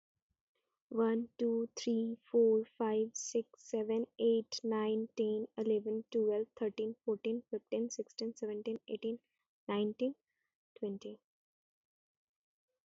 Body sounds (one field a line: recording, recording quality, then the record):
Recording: counting at a normal pace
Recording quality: excellent, no background noise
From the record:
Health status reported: respiratory illness, not identified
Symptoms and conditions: none ticked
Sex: female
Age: 24 years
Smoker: not ticked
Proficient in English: yes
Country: India